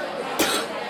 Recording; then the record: coughing mixed with background sound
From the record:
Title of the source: 64 coughing, allergies, singing lungs